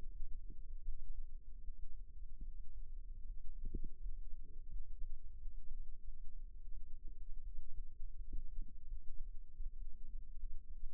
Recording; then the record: forearm muscle sounds (acoustic myography)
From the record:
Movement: rest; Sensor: system 2, bracelet of six BSWA MPA416 microphones around the upper forearm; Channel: 5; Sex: female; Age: 23 years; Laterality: right